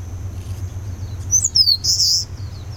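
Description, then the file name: Eastern crowned warbler: two thin, high descending slurs run straight into a loud buzzy note, with a steady high-pitched whine and low background rumble throughout. "warbler-eastern-crowned -Phylloscopus-coronatus"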